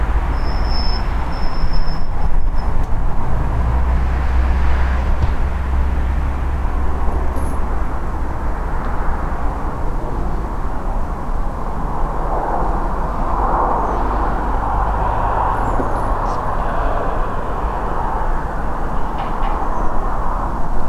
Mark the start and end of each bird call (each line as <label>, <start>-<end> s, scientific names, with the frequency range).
Turdus iliacus (5.7-7.0 kHz), 13.70-13.97 s
Turdus iliacus (6.0-7.9 kHz), 15.64-15.95 s
Turdus iliacus (5.4-7.1 kHz), 19.63-19.90 s